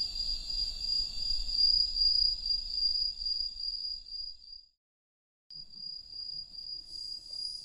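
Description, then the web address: Cricket trill, a high continuous ringing tone that stops abruptly for under a second of silence, then resumes with a second higher buzz joining. "Hoerbeispiele Grillen"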